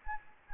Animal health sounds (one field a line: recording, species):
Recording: mosquito wingbeat signal from an infrared sensor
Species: Anopheles gambiae